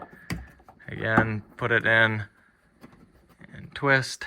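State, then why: Seated. A larger bulb is pushed straight into the plastic tail light socket of a Subaru Tribeca and snaps in with a sharp click at 0.3 s. Someone talks over a few faint clicks and handling sounds afterward.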